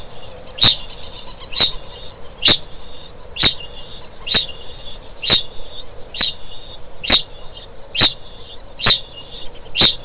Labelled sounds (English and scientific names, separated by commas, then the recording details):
Kākāpō (Strigops habroptilus) ching call
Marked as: faintness 3/5
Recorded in New Zealand
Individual Stumpy